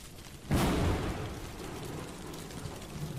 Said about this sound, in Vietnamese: Một tiếng sấm nổ rung chuyển cả trời đất, mặt đất nứt ra thành những rãnh sâu hoắm, khiến cho mọi người không thể tiếp tục quỳ gối cầu nguyện được nữa.